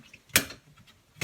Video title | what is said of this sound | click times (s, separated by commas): How to Get Rid of UV Alarms (Part 2 of 2) | You'll hear that click. | 0.4 s